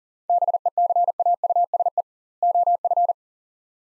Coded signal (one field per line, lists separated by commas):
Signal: Morse code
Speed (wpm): 40 wpm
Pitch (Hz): 700 Hz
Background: none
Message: BECAUSE OF